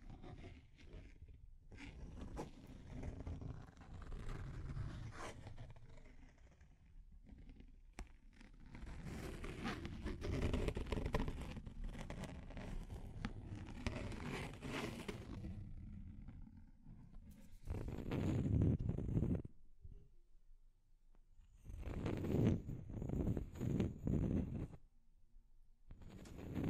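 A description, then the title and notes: Deep scratching, rough and grinding, with low, coarse strokes that run almost continuously from about 2 to 17 seconds. After a brief pause, two louder, fuller bursts of scraping come around 18–19 seconds and again from about 22 to 25 seconds, separated by near silence. Deep Scratching.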